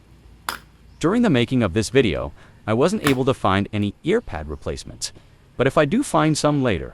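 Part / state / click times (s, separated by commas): ear pad retaining clip on a headphone ear cup / released / 0.5 s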